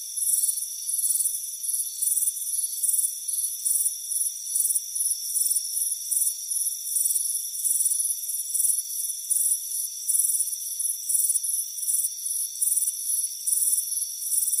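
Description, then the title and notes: Fast, shrill cricket chirping, pulses tumbling several per second, with a steady high insect drone beneath. Crickets chirping on a front porch on a warm afternoon. "Soothing Crickets Chirping Sound. It's a warm afternoon as you relax in a hammock on the front porch"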